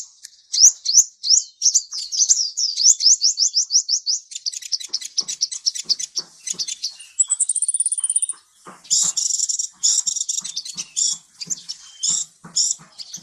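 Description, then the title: Bird singing with quick repeated high slurred notes, then chattering notes and a thin high whistle, followed by dense rapid buzzy trills and chattering phrases until the end. Masteran recording, a bird song used to train songbirds. "Suara masteran Burung"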